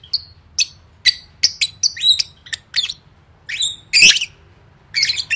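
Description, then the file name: Lovebird chirps: scattered sharp high notes, a loud grating squawk late on, and a final burst of chatter. "tieng vet mau don"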